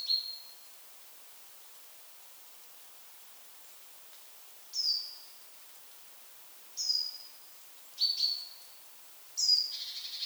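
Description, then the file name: Great tit calls: a high down-slurred note, a pause, then thin sliding notes every second or two, ending in a short buzzy rattle. "Parus major"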